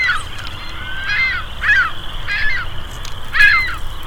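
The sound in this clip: Ring-billed gull calls, several short harsh mewing cries over low background rumble.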